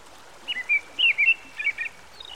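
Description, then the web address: American robin singing a few clear caroling whistled phrases, each slurring up and down, against a soft background hiss. By a stream. "Dan Gibson Songbirds By The Stream. American Robin"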